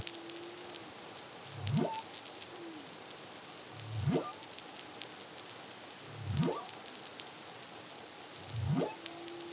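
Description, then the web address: Humpback whale song phrase of four steep upward sweeps, roughly every two seconds, with brief faint tonal moans, over heavy hissing background noise. Humpback whale song, Caribbean, 2023. "CARIMAM humpback whale song"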